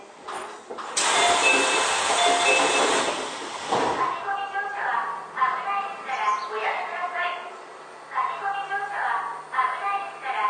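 Inside a commuter train, a loud rush of hissing air fills the first few seconds, like doors or brakes releasing. It cuts off around four seconds, and a recorded announcement voice takes over, with a low steady hum from the car underneath.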